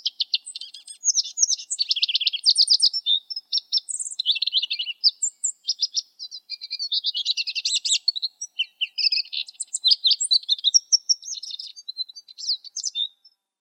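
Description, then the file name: Lesser goldfinch singing a long, varied medley of high chirps, scratchy buzzes and brief clear whistles, delivered quickly and continuously. "suara lesser goldfinch omkicau"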